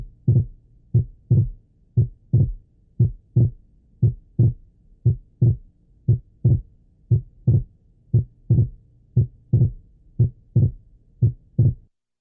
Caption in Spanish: En la cual la respiración es algo lenta, cómo durante la expiración existe un desdoblamiento que se vuelve más notable en la inspiración. El diagnóstico. De bloqueo de la rama derecha del haz puede hacerse por la sola presencia de este signo.